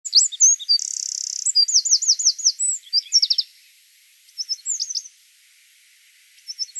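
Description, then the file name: Eurasian wren song: a rapid, high-pitched outpouring of sharp notes, a fast buzzy trill and looping twitters, broken by a pause and resuming in short bursts. "Troglodytes troglodytes"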